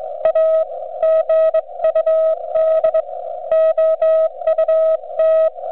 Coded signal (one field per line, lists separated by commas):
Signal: Morse code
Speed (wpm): 22 wpm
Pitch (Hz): 640 Hz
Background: none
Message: A GUD OUT